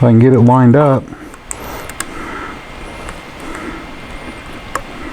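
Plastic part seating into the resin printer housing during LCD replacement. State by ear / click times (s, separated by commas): not seated / none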